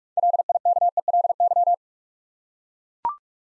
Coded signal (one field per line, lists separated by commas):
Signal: Morse code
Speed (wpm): 44 wpm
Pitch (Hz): 700 Hz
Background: none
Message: LIKELY